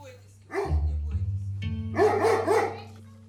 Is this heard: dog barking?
yes